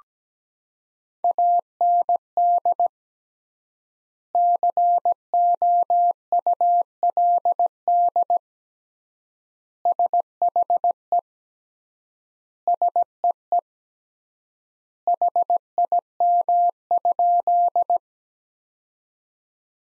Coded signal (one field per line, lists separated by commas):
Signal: Morse code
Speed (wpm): 17 wpm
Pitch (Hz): 700 Hz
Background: none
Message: AND COULD SHE SEE HIM?